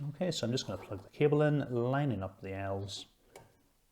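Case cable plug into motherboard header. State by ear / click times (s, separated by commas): not seated / none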